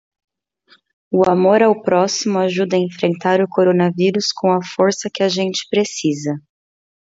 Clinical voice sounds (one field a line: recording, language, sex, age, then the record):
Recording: spoken sentence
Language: Brazilian Portuguese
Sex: female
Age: 30 to 39 years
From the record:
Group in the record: control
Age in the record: 30 years